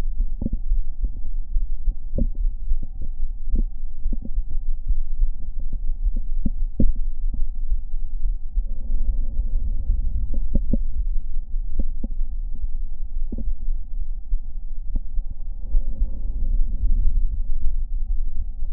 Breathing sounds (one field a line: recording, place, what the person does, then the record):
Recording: lung sounds by stethoscope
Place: left anterior apical chest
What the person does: quiet breathing, then deep breathing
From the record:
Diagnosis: asthma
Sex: female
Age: 66 years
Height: 172 cm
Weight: 76 kg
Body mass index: 25.7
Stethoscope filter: diaphragm mode